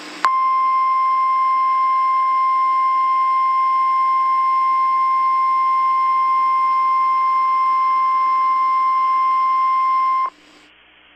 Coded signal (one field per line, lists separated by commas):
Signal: Emergency Alert System (SAME) tones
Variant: 1050 Hz attention tone